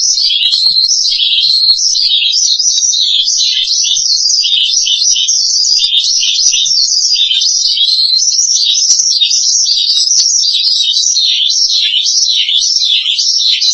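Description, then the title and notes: Starling song made of fast repeated zigzag notes, high and buzzy, running continuously. "suara burung jalak"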